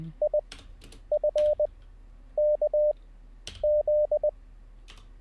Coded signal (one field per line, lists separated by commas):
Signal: Morse code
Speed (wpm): 20 wpm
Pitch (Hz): 600 Hz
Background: none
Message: IFKZ